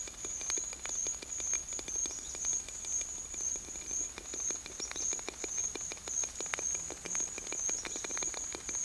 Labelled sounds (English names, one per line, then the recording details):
none
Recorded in pastures near Puerto Asís, Putumayo, Colombia, on 29 June 2025 at 11:00
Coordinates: 0.502, -76.324
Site G010